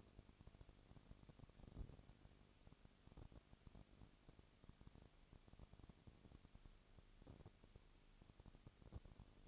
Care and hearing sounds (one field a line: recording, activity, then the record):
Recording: daily activity, microphone in the room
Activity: no activity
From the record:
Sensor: 4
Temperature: 22.3 degrees Celsius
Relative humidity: 32.7%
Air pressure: 1001.9 hPa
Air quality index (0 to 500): 186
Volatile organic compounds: 4 ppm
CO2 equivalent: 1639 ppm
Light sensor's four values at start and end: 2/3/1/1 and 2/3/1/1